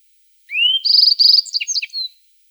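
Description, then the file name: Yellow-browed bunting singing one high phrase: an upward-sliding note, two fast trilled bursts, then a quick jumble of short dropping notes ending in a thin whistle. "Ovsjanka zheltobrovaja"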